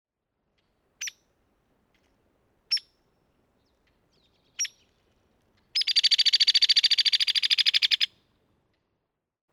Hairy Woodpecker call and rattle call recorded on the Cub Lake Trail in Rocky Mountain National Park.